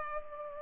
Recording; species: mosquito wingbeat signal from an infrared sensor; Culex pipiens